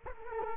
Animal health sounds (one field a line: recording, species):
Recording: mosquito wingbeat signal from an infrared sensor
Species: Culex quinquefasciatus